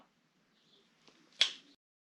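A torque wrench set to 20 Nm, with a further 60 degrees to follow, tightens a crankshaft main bearing cap bolt into a Clio R3 engine block, starting with the centre cap. A faint tick at 1.1 s comes before a single sharp, bright click from the wrench at 1.4 s, which rings out briefly. The wrench reaches its 20 Nm setting.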